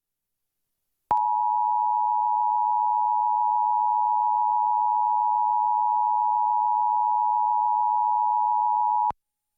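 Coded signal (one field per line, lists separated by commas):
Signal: Emergency Alert System (SAME) tones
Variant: 853 and 960 Hz attention tone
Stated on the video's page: Required monthly EAS tests as aired on Seattle/Tacoma broadcast television stations.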